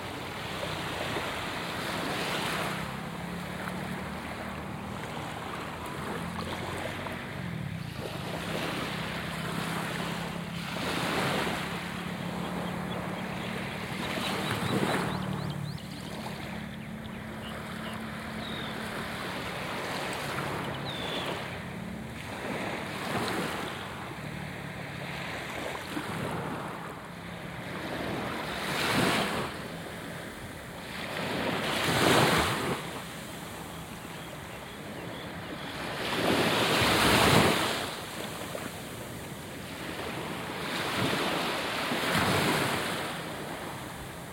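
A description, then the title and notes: Waves wash onto a beach in a steady, continuous hiss, with surges breaking more loudly around 29, 32 and 37 seconds. A low engine hum, likely a passing boat, drones beneath the surf through the first twenty seconds, and light wind buffets the microphone. Long Beach – Puerto Plata, Dominican Republic (Binaural Field Recording). I walked down to Long Beach one morning.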